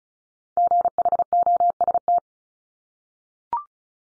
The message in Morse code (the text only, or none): GHOST